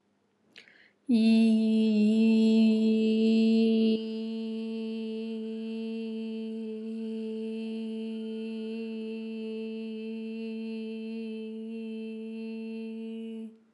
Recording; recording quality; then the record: sustained vowel as in beet; excellent, no background noise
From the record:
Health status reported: healthy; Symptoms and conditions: none ticked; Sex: female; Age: 37 years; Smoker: not ticked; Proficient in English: yes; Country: India